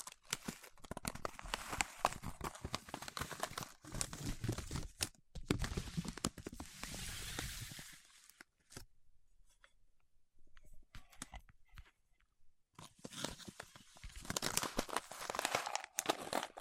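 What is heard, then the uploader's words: Fingertips work at wax, making dense, crackly tapping and squishing with rapid uneven clicks through the first eight seconds. A near-silent stretch follows with only a few scattered ticks, then the crunchy fingertip sounds return from about thirteen seconds to the end. ASMR with Wax Fingertips for Sleep (No Talking).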